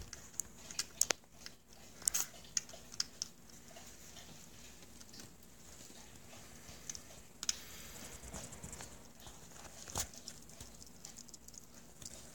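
A hedgehog eats its dinner, with sharp crunching bites and soft chewing clicks coming in irregular bursts, busiest in the first three seconds and again around 7.5 and 10 seconds. A low steady hum sits underneath.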